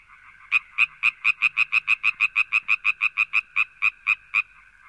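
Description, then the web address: Frog giving a steady run of many loud, evenly spaced raspy croaks. "audio animali rane rana frog"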